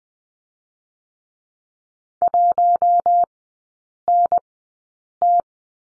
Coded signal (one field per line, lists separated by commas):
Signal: Morse code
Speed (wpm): 20 wpm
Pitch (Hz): 700 Hz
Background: none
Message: 1NT